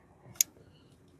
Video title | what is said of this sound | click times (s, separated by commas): Jeep Wrangler 3.6 Oil Filter Cooler Housing Change Replacement | the red clip so you can be able to hear it click first | 0.4 s